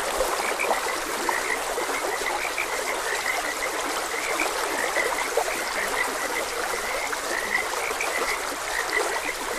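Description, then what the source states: Frogs give short repeated croaking notes throughout, blending into the hiss of a flowing stream. Frogs croaking beside a gentle stream.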